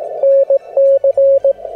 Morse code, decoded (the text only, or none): NC